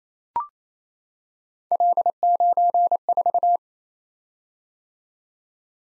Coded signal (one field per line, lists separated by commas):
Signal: Morse code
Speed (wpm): 28 wpm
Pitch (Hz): 700 Hz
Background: none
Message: L94